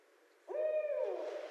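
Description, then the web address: Barred owl giving one long, deep hoot that rises sharply at the start, then holds. Recorded 24 February 2012. "Barred Owl 2012 02 24 Barred Owl"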